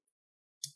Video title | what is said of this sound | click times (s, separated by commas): Saitek 737 Throttle Mod 2 | it has a positive click in the on position so | 0.6 s